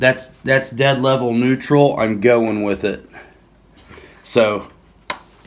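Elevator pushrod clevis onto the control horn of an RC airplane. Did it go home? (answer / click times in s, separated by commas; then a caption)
yes / 5.1 s. Someone talks while hooking up the elevator, set level at neutral, on an Arrows RC T-28 Trojan 1100mm PNP foam RC airplane. A plastic elevator pushrod clevis is then snapped onto the control horn with a single sharp click at 5.1 s, ready for the retaining tubing to slide over it. The clevis is seated.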